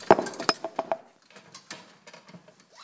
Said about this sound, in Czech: Sorry, mě spadla voňavka.